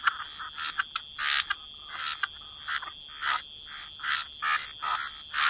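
Frogs croaking in a loose chorus, short raspy notes and clicks at uneven intervals, a steady high hiss throughout.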